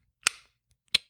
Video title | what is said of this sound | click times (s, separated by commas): Episode 64: Knives of Summer | oh i'm sure you can hear the nice click of the the dive sheath | 0.3 s, 1.0 s